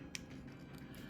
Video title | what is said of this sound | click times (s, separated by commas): Jada Toys M.Bison Ultra Street Fighter ll Review | You hear that little click? | 0.1 s